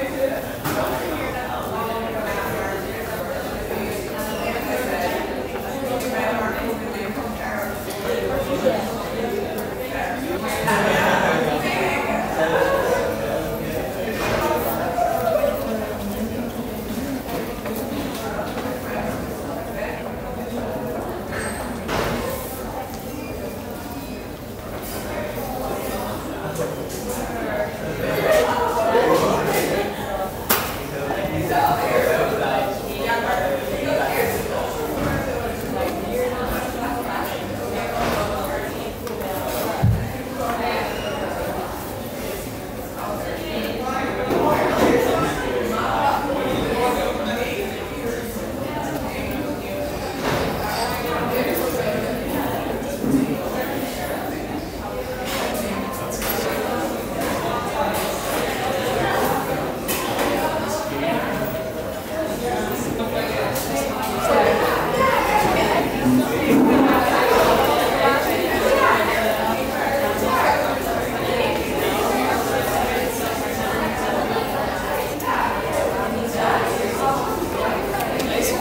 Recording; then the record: background sound without coughing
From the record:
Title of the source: 40 min - Ambience sounds UNIVERSITY lunchroom chatting